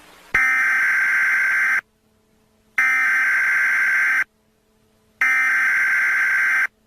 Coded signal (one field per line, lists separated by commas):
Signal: Emergency Alert System (SAME) tones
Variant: header bursts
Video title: The Dog!: An EAS Scenario